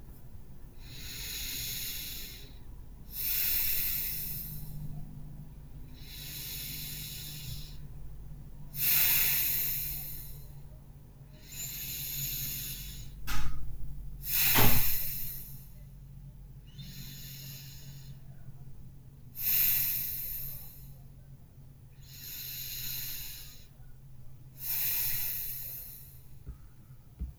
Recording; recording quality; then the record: deep breathing; excellent, no background noise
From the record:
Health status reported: healthy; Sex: male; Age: 25 years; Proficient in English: yes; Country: United States